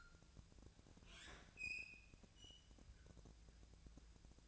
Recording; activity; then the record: daily activity, microphone in the room; open fridge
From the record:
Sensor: 2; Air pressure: 999.9 hPa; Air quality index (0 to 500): 124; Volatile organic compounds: 2 ppm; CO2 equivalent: 1063 ppm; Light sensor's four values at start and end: 31/77/33/36 and 31/77/33/36